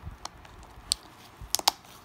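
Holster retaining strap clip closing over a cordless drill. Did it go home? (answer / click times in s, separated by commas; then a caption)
yes / 1.7 s. The plastic clip on the retaining strap of a Kobalt cordless drill holster is closed over the drill. Light taps and clicks sound at about 0.3, 0.9 and 1.6 seconds, followed by the sharpest snap at 1.7 seconds. The clip clicks shut and the strap is seated.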